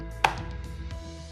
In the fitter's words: Push down until you hear a click.